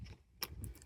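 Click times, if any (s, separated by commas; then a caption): 0.4 s. An electric bike pump that doubles as a headlight is slid onto its handlebar mount, which has a belt-style clip. A sharp click at 0.4 s marks it locking into place, followed by two fainter ticks. The pump is seated on the handlebar.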